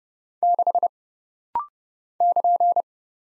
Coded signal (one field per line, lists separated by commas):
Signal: Morse code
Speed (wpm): 30 wpm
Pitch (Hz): 700 Hz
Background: none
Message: 6 <KN>